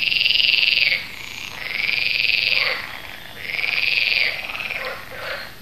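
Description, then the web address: Amphibian calling in drawn-out, buzzy, nasal phrases of about a second, three main bursts with brief pauses between them. "amphibien amphibien projekt sounds amphibium"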